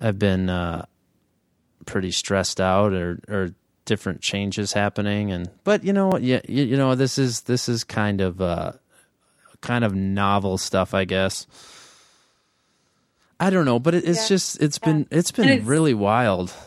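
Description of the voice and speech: Adult male speaker with stuttering that has recently become very intense and physically harder, linked to recent stress and life changes. His speech has repeated words and phrases, prolonged sounds and long pauses.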